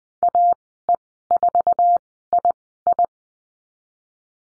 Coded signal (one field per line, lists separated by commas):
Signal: Morse code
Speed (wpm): 20 wpm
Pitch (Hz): 700 Hz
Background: none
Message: AE4II